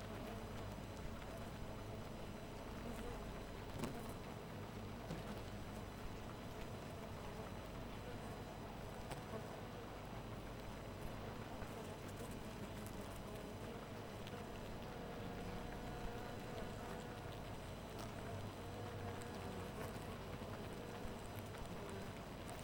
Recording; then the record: honeybee colony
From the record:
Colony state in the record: missing queen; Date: 14 July 2017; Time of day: 4:29